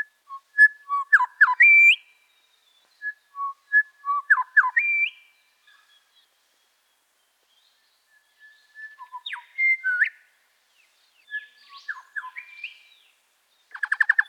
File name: grey shrike thrush